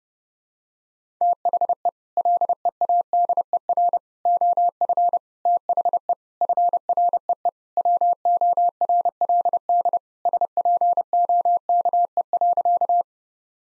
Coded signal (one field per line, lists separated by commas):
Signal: Morse code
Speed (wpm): 30 wpm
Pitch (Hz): 700 Hz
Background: none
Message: THE LEADER OF THE FREE WORLD SPOKE.